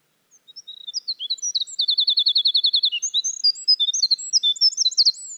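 Winter wren singing a high, fast cascade of varied twitters and warbles, broken by an even, machine-gun trill before more jumbled tinkling notes.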